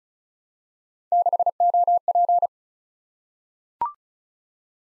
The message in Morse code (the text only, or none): 6OP